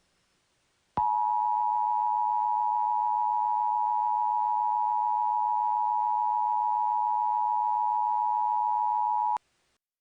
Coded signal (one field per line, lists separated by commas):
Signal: Emergency Alert System (SAME) tones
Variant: 853 and 960 Hz attention tone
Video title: EAS Scenario - We Are Not Alone